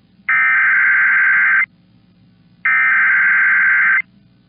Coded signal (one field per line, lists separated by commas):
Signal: Emergency Alert System (SAME) tones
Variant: header bursts